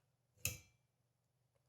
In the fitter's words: when you push this up into the arm you're going to feel it snap and you'll hear it snap when